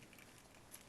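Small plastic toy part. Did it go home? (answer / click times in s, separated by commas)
no / none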